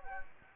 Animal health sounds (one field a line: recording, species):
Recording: mosquito wingbeat signal from an infrared sensor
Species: Anopheles gambiae